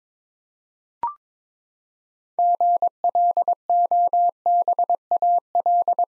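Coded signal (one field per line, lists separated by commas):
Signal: Morse code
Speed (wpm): 22 wpm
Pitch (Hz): 700 Hz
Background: none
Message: GLOBAL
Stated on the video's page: Head-copy practice of six-letter words at 22 wpm.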